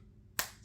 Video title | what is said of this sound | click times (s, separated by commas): Sony LinkBuds Update | got a nice click to it now obviously if you hold the button while you're closing it you're not going to hear that click | 0.4 s